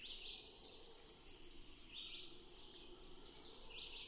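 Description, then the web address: Blackpoll warbler: a brief burst of very high, thin ticking notes, followed by four sharp, isolated high chips. Recorded in the Eastern Lowlands of South America; includes song and flight calls. "Natures Songs S America Eastern Lowlands. Dendroica striata, song and flight calls"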